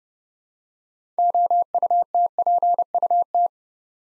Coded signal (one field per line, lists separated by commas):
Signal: Morse code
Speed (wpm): 30 wpm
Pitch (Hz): 700 Hz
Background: none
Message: OUTPUT